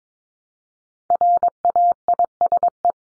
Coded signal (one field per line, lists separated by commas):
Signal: Morse code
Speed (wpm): 22 wpm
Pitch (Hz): 700 Hz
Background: none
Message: RAISE